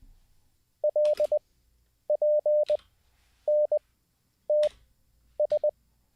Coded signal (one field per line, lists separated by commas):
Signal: Morse code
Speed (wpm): 20 wpm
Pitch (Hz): 600 Hz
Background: none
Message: LPNTS